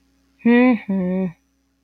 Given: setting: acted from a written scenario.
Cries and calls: vocal sound without words; neutral

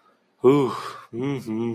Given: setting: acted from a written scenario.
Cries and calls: vocal sound without words; serenity

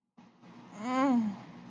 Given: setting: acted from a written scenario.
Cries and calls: vocal sound without words; ecstasy

